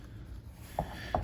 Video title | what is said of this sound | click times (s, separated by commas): Jeep Patriot / Compass Door Lock Replacement - Central Locking | the catch down over it and it snaps in place so that's it held now | 0.8 s, 1.2 s